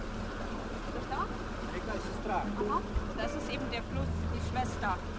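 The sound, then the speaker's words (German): A small motorboat with a cargo hatch and a thin fabric roof leaves a harbor at Sestroretsk, far east in the Gulf of Finland. Its engine drones steadily at a low pitch, its hum rising slightly toward the end, with a rushing wash of water and faint high bird chirps scattered above. “Steuert ein Motorboot aus einem schattengrünen Hafen, weit östlich im finnischen Meerbusen.”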